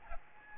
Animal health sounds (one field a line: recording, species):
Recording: mosquito wingbeat signal from an infrared sensor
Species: Aedes albopictus